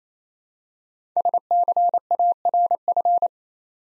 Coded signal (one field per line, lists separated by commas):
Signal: Morse code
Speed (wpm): 28 wpm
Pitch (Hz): 700 Hz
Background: none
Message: SCARF